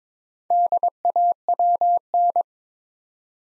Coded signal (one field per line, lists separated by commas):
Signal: Morse code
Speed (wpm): 23 wpm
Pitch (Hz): 700 Hz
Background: none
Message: DAWN